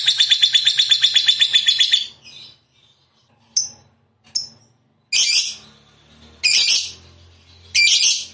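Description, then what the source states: Lovebird chattering in a fast trill for two seconds, then falling silent, followed by short high chirps and several harsh, shrill squawks. A 'fighter' lovebird singing vigorously and persistently ('gacor').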